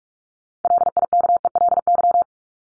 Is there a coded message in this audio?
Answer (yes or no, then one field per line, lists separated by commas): yes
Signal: Morse code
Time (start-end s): 0.6-2.2 s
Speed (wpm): 44 wpm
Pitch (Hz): 700 Hz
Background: none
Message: LIKELY